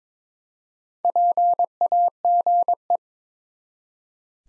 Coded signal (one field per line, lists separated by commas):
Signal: Morse code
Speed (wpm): 22 wpm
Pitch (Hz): 700 Hz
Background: none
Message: PAGE